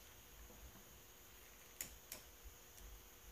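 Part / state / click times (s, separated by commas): MC4 connector end cap onto connector body / torque reached / 1.8 s, 2.1 s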